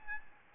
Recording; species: mosquito wingbeat signal from an infrared sensor; Aedes albopictus